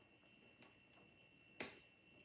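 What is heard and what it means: A second plastic toy brick barbell piece is pushed into a brick rim, with a faint tick near 0.6 s before a sharp, bright snap at 1.6 s. The piece snaps home and is seated.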